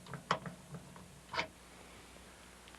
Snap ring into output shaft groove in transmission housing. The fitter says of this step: you'll have to use a screwdriver and lift up on the output shaft until it snaps into place then